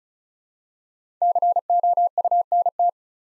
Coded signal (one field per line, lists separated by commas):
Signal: Morse code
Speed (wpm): 36 wpm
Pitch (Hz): 700 Hz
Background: none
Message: COUNT